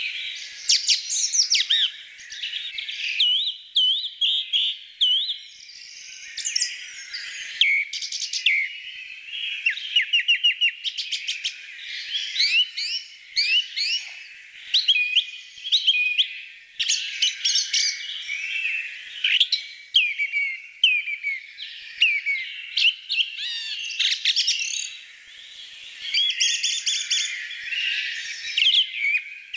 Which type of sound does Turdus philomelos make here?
song